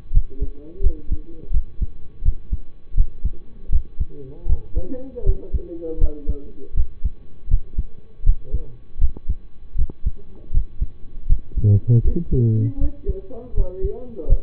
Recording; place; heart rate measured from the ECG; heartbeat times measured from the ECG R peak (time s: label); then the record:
heart sounds by stethoscope; between the tricuspid and mitral areas; 81 bpm
0.11 s: heartbeat
0.81 s: heartbeat
1.51 s: heartbeat
2.22 s: heartbeat
2.94 s: heartbeat
3.70 s: heartbeat
4.46 s: heartbeat
5.23 s: heartbeat
5.98 s: heartbeat
6.74 s: heartbeat
7.48 s: heartbeat
8.23 s: heartbeat
8.98 s: heartbeat
9.76 s: heartbeat
10.51 s: heartbeat
11.26 s: heartbeat
12.02 s: heartbeat
12.78 s: heartbeat
13.54 s: heartbeat
14.26 s: heartbeat
From the record:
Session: rest, lying down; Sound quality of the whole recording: partially saturated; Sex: male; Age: 25 years